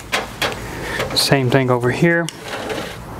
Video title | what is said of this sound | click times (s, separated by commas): Chrysler 62TE solenoid pack replacement Part 2 | one that towed usually breaks just be gentle install it here to click the | 0.4 s